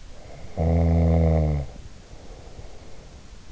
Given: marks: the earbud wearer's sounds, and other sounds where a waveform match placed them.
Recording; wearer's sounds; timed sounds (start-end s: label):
sounds in sleep by an in-ear microphone; snoring breath
0.15-3.24 s: snoring breath